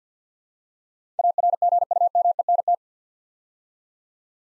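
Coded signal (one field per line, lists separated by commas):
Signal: Morse code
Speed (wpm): 48 wpm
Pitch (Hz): 700 Hz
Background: none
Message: ARGUMENT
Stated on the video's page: Morse code practice drill at 50 wpm, building 8-letter words two letters at a time for instant character recognition.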